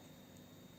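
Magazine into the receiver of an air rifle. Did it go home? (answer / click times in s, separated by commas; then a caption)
no / none. A magazine is aligned with the barrel and pushed toward the receiver of an air rifle, but nothing has seated or clicked yet. Only a steady, low background hiss and hum is heard through the 0.8-second clip, with no distinct click.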